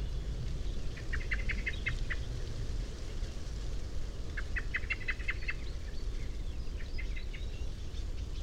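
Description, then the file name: Common blackbird calling in three rattling bursts of sharp ticking notes, separated by pauses, against a dull continuous rumble. "Turdus merula"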